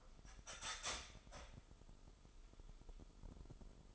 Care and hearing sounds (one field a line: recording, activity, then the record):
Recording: daily activity, microphone in the room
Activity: start toaster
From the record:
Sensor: 5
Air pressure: 988.7 hPa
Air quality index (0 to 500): 230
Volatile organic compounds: 166 ppm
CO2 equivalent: 4092 ppm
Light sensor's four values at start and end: 40/124/48/51 and 40/124/48/51